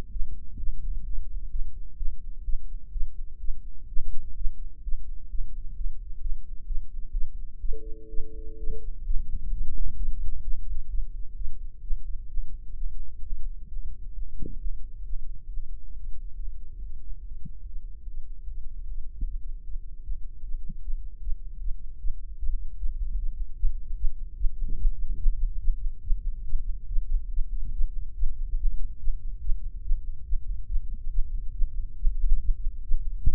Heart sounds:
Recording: heart sounds by microphone in the right ear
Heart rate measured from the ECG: 138 bpm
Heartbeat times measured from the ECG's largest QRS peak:
0.11 s: heartbeat
0.58 s: heartbeat
1.04 s: heartbeat
1.50 s: heartbeat
1.97 s: heartbeat
2.44 s: heartbeat
2.91 s: heartbeat
3.39 s: heartbeat
3.87 s: heartbeat
4.35 s: heartbeat
4.83 s: heartbeat
5.29 s: heartbeat
5.75 s: heartbeat
6.21 s: heartbeat
6.66 s: heartbeat
7.12 s: heartbeat
7.60 s: heartbeat
8.08 s: heartbeat
8.58 s: heartbeat
9.05 s: heartbeat
9.51 s: heartbeat
9.97 s: heartbeat
10.43 s: heartbeat
10.89 s: heartbeat
11.35 s: heartbeat
11.82 s: heartbeat
12.28 s: heartbeat
12.74 s: heartbeat
13.21 s: heartbeat
13.67 s: heartbeat
14.13 s: heartbeat
14.58 s: heartbeat
15.03 s: heartbeat
15.47 s: heartbeat
15.91 s: heartbeat
16.33 s: heartbeat
16.76 s: heartbeat
17.18 s: heartbeat
17.59 s: heartbeat
18.00 s: heartbeat
18.41 s: heartbeat
18.81 s: heartbeat
19.22 s: heartbeat
19.61 s: heartbeat
20.01 s: heartbeat
20.41 s: heartbeat
20.80 s: heartbeat
21.20 s: heartbeat
21.59 s: heartbeat
21.98 s: heartbeat
22.37 s: heartbeat
22.77 s: heartbeat
23.16 s: heartbeat
23.56 s: heartbeat
23.96 s: heartbeat
24.36 s: heartbeat
24.77 s: heartbeat
25.18 s: heartbeat
25.60 s: heartbeat
26.02 s: heartbeat
26.45 s: heartbeat
26.88 s: heartbeat
27.30 s: heartbeat
27.72 s: heartbeat
28.15 s: heartbeat
28.57 s: heartbeat
28.99 s: heartbeat
29.41 s: heartbeat
29.83 s: heartbeat
30.25 s: heartbeat
30.67 s: heartbeat
31.10 s: heartbeat
31.53 s: heartbeat
31.96 s: heartbeat
32.39 s: heartbeat
32.82 s: heartbeat
33.26 s: heartbeat
From the record:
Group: healthy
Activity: rest 0-6 s, Valsalva maneuver 6-33 s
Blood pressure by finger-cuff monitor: 132/88 mmHg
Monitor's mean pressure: 100 mmHg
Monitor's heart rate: 136 bpm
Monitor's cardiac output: 9.2 L/min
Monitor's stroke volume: 66 mL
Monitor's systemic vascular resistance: 800 dyn s/cm5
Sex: female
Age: 19 years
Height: 163 cm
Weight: 51 kg

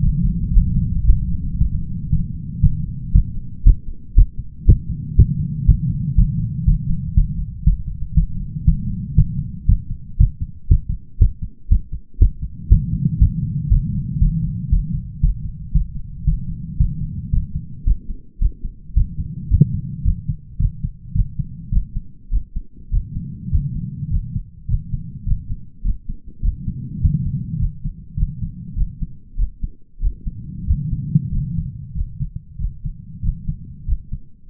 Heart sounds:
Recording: heart sounds by stethoscope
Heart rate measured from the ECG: 110 bpm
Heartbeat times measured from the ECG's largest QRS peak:
0.01 s: heartbeat
0.53 s: heartbeat
1.05 s: heartbeat
1.57 s: heartbeat
2.09 s: heartbeat
2.61 s: heartbeat
3.13 s: heartbeat
3.65 s: heartbeat
4.16 s: heartbeat
4.66 s: heartbeat
5.16 s: heartbeat
5.66 s: heartbeat
6.16 s: heartbeat
6.65 s: heartbeat
7.15 s: heartbeat
7.64 s: heartbeat
8.14 s: heartbeat
8.65 s: heartbeat
9.16 s: heartbeat
9.67 s: heartbeat
10.18 s: heartbeat
10.69 s: heartbeat
11.19 s: heartbeat
11.69 s: heartbeat
12.19 s: heartbeat
12.69 s: heartbeat
13.19 s: heartbeat
13.69 s: heartbeat
14.19 s: heartbeat
14.70 s: heartbeat
15.21 s: heartbeat
15.72 s: heartbeat
16.25 s: heartbeat
16.77 s: heartbeat
17.31 s: heartbeat
17.85 s: heartbeat
18.40 s: heartbeat
18.95 s: heartbeat
19.49 s: heartbeat
20.03 s: heartbeat
20.58 s: heartbeat
21.14 s: heartbeat
21.71 s: heartbeat
22.31 s: heartbeat
22.91 s: heartbeat
23.50 s: heartbeat
24.09 s: heartbeat
24.67 s: heartbeat
25.25 s: heartbeat
25.83 s: heartbeat
26.41 s: heartbeat
27.00 s: heartbeat
27.58 s: heartbeat
28.16 s: heartbeat
28.75 s: heartbeat
29.36 s: heartbeat
30.00 s: heartbeat
30.65 s: heartbeat
31.30 s: heartbeat
31.94 s: heartbeat
32.57 s: heartbeat
33.21 s: heartbeat
33.86 s: heartbeat
34.49 s: heartbeat
From the record:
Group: healthy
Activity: rest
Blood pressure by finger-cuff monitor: 130/70 mmHg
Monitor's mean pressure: 87 mmHg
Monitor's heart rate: 115 bpm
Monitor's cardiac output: 10.5 L/min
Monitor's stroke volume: 93 mL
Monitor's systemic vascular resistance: 620 dyn s/cm5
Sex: male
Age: 33 years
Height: 179 cm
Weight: 80.4 kg

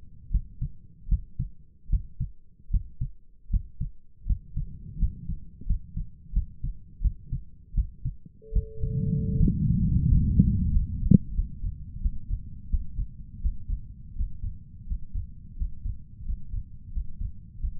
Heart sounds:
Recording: heart sounds by stethoscope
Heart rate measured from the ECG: 83 bpm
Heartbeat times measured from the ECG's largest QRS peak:
0.31 s: heartbeat
1.09 s: heartbeat
1.90 s: heartbeat
2.71 s: heartbeat
3.50 s: heartbeat
4.26 s: heartbeat
4.99 s: heartbeat
5.66 s: heartbeat
6.33 s: heartbeat
7.02 s: heartbeat
7.75 s: heartbeat
8.53 s: heartbeat
9.37 s: heartbeat
10.07 s: heartbeat
10.71 s: heartbeat
11.34 s: heartbeat
12.01 s: heartbeat
12.69 s: heartbeat
13.40 s: heartbeat
14.15 s: heartbeat
14.86 s: heartbeat
15.56 s: heartbeat
16.24 s: heartbeat
16.92 s: heartbeat
17.59 s: heartbeat
From the record:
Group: healthy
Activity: rest 0-8 s, Valsalva maneuver 8-18 s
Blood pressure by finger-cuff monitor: 121/63 mmHg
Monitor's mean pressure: 78 mmHg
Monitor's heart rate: 83 bpm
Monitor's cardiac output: 8.1 L/min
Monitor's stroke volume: 97 mL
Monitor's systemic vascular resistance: 700 dyn s/cm5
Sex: male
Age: 23 years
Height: 179 cm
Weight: 87 kg

